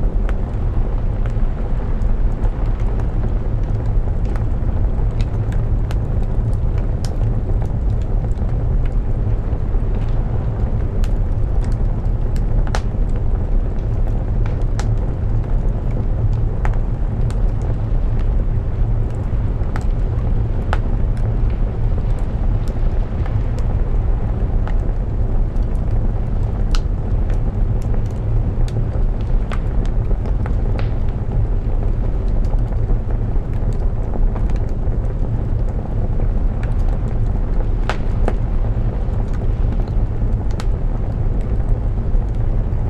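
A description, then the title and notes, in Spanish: Rain falls steadily alongside a crackling fireplace, with a dense, unchanging low rumble and wash of hiss throughout. Sharp pops and snaps from the fire break through every second or so, some louder and brighter than others, at an even overall level. El sonido relajante de la lluvia y el crepitar de una chimenea. Enclavada en la naturaleza virgen de Hvolsvöllur, Islandia. Con la lluvia suave golpeando las ventanas, llevada por la brisa islandesa.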